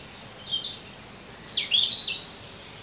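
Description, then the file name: European robin song: a short phrase of thin high whistles, then a sharp descending slur and fluttering notes. "Erithacus rubecula"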